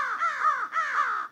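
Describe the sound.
Crow cawing, two loud harsh caws in quick succession, each a slurred rough note, with no other sounds.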